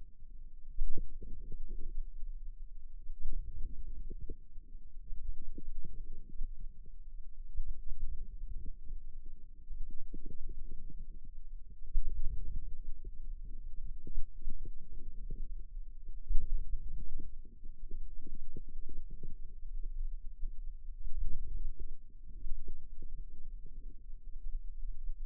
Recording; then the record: forearm muscle sounds (acoustic myography)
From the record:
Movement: outward rotation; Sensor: system 2, bracelet of six BSWA MPA416 microphones around the upper forearm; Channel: 2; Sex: female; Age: 22 years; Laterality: right